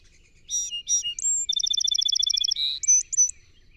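Song sparrow song: two clipped introductory notes, a thin high whistle, a fast even trill, a buzzy note, then a few sharp high closing notes.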